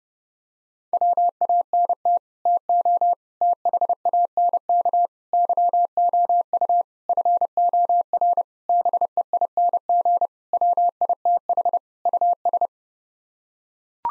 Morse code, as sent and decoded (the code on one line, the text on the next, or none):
.-- .- -. - / - --- / - .... .- -. -.- / -.-- --- ..- / ..-. --- .-. / -... . .. -. --. / .-- .. - .... / ..- ...
WANT TO THANK YOU FOR BEING WITH US